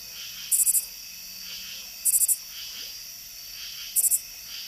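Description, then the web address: Lesser anglewing song: short bursts of four high, dry ticks, repeated every two seconds or so, over a steady background hiss. Recorded in North America. "Natures Songs N America Songs of Insects Lesser Anglewing"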